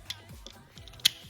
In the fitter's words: And then you got to take the shin part and click that into place